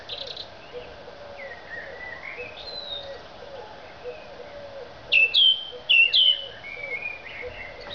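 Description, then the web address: Thrush song: quiet warbling at first, then two loud, sharp whistled phrases about a second apart, with soft lower birdsong behind. "Zingende lijster"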